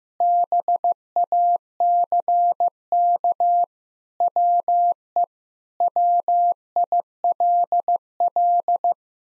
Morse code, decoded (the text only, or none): BACK WE WILL